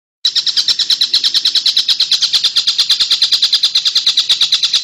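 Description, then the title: Oriental magpie-robin song: a fast, steady run of sharp high chirps, held evenly for almost five seconds after a brief silence. "Kicau Kacer"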